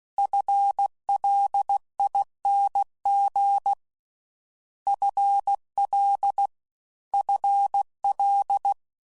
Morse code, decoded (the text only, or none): FLING FL FL